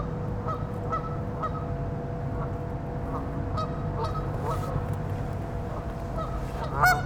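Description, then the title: Goose honks, soft nasal calls spread throughout, with a louder honk at the end over a continuous low rumble and hum. "neoscenes: geese"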